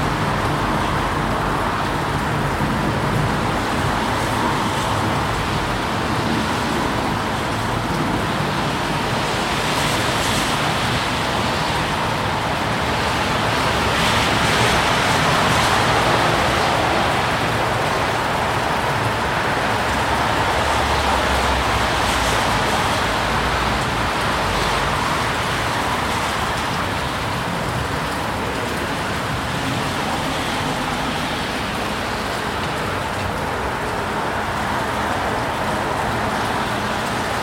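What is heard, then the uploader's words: Cars pass by on a rainy day, their tires hissing over wet pavement in a dense, steady wash that swells slightly around 10 and 15–22 seconds. A constant low road rumble sits underneath, with no distinct horns or voices standing out. Cars Passing By On a Rainy Day. The sound of rain and cars passing by, recorded with a Sony PCM D100 placed in my window sill. It feels like the swallowing of white noise and slushing water.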